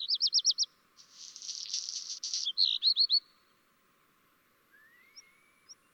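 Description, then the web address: Black redstart song: a rapid rolling trill, then a harsh crackling scratchy burst and a few sharp notes, followed by faint chirps and a thin rising whistle. "chant xeno-canto rougequeue noir"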